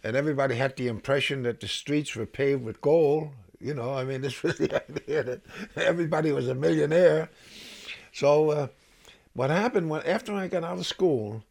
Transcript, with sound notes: And everybody had the impression that the streets were paved with gold, you know, I mean, this was the (he laughs) idea. Everybody was a millionaire. So what happened was, after I got out of school